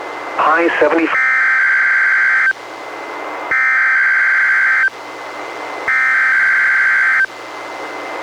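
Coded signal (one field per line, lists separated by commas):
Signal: Emergency Alert System (SAME) tones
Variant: header bursts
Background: speech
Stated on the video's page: Weather radio weekly tests relayed by an NWR station, recorded from a Reecom R-1630 weather radio through a Zoom H1 recorder.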